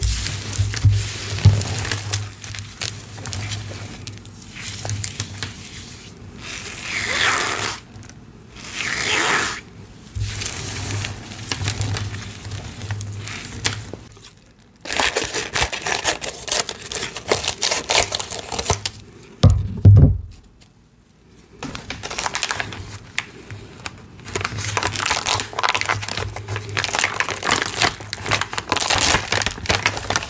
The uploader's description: Crushing eggs with confetti inside, eggs covered in squeaky cornstarch powder, and a powdery gym chalk slab crumble